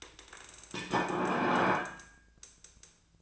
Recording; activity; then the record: daily activity, microphone in the room; place plate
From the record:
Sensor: 2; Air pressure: 1009.2 hPa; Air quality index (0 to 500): 187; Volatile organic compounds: 12 ppm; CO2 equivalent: 2332 ppm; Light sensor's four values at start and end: 22/55/23/25 and 22/55/23/26